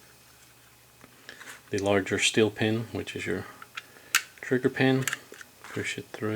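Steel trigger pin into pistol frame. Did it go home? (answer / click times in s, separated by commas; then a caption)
no / none. A steel trigger pin is pushed through the polymer frame of a Glock 21 Gen4 pistol during reassembly, with brief handling ticks around 1.0, 1.3, 3.8 and 4.2 seconds. Someone talks throughout. The pin has not yet clicked into place or seated by the end of the clip.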